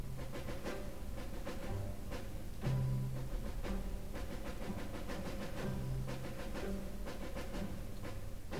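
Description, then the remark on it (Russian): A very soft snare drum taps out the characteristic rhythm at the very opening of Bolero, steady clusters of light strokes repeating over a low, sustained accompaniment, with no voices. “Давайте мы послушаем самое-самое начало, и в этом тихом-тихом биении малого барабана, его часто сравнивают с шумом крыльев мотылька по оконному стеклу, мы расслышим характерный ритм «Болеро».”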